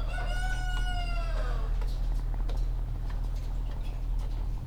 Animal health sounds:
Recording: poultry house recording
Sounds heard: sick chickens (respiratory disease)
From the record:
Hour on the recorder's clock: 17

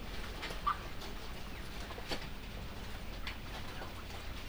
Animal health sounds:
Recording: poultry house recording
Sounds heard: sick chickens (respiratory disease)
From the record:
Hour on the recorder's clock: 21

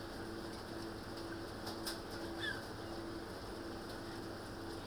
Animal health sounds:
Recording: poultry house recording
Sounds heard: healthy chickens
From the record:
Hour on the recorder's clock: 20

